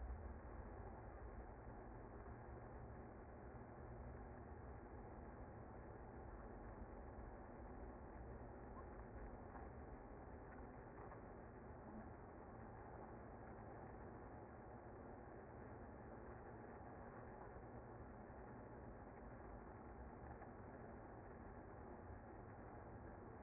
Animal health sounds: honeybee colony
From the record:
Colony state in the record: active

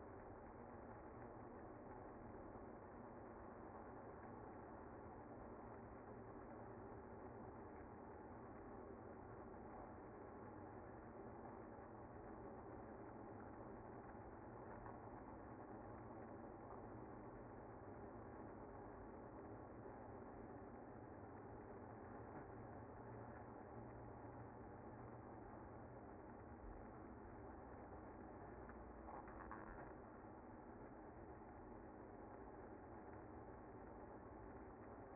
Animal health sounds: honeybee colony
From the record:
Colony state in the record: active

